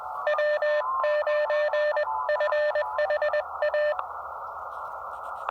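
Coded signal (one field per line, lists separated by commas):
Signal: Morse code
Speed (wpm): 20 wpm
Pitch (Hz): 600 Hz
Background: none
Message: W9FHA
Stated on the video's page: State game land activation with an Elecraft KX2 at 5 watts into a not-so-resonant wire antenna.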